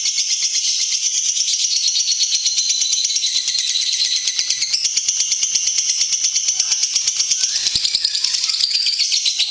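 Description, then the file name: Lovebird in sustained high chattering song, a fast grating trill that runs on without pause throughout. Lovebird performing long ngekek. "lovebird ngekek panjang. omkicau"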